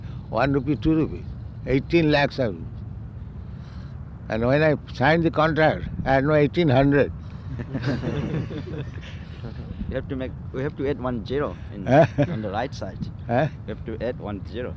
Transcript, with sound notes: one rupee, two rupees---eighteen lakhs of rupees. And when I signed the contract, I had no eighteen hundred. [laughter]
You have to make... We have to add one zero...
Eh?
On the right side. You have to add one zero,